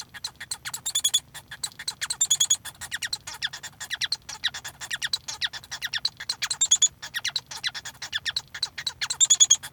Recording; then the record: song of a male Bengalese finch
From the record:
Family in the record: son of father 1